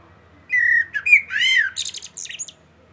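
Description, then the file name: Common blackbird singing one phrase: low, mellow whistled notes rising and falling, finished by a rapid run of thin, high twitters. "Turdus merula"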